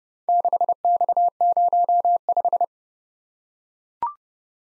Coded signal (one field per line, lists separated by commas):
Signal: Morse code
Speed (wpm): 29 wpm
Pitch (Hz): 700 Hz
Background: none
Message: 6X05